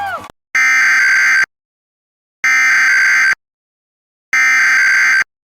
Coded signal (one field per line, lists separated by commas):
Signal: Emergency Alert System (SAME) tones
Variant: header bursts